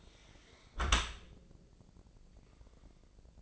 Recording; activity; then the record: daily activity, microphone in the room; close dishwasher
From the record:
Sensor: 5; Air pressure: 1012.4 hPa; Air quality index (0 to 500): 157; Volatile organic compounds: 2 ppm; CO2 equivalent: 1072 ppm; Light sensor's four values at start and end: 106/254/107/120 and 106/255/108/121